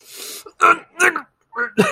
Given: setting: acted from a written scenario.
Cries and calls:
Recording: vocal sound without words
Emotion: anger

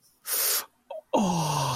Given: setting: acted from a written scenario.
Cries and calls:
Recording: vocal sound without words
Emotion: romantic love

